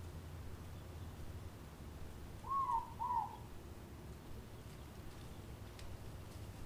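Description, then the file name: Morepork uttering one quick double hoot midway through, gentle and falling, amid steady low-pitched background noise. Auckland, New Zealand. "Morepork Ruru Owl Auckland New Zealand"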